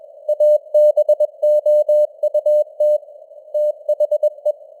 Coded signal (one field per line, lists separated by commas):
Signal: Morse code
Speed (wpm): 21 wpm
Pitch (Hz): 600 Hz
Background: none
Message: ABOUT THE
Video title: Morse Code News | 2026-01-07 | 21wpm